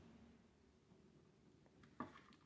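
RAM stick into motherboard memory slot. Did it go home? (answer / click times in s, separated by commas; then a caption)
no / none. A RAM stick is pressed down into a motherboard DIMM slot in a quiet clip with a faint low hum, and a brief sharp sound comes at about 2.0 s, with a softer one at about 2.3 s. The stick is not lined up, and nothing has seated or clicked yet.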